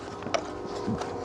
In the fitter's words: them up slide it locks into place and